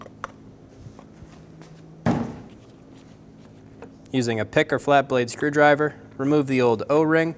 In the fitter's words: up it'll click out of place